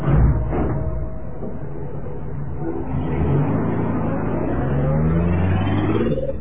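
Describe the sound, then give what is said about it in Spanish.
A luxurious black car's engine rumbles steadily, its low drone climbing in pitch toward the end as the car revs and pulls away. “Ya suben al auto.”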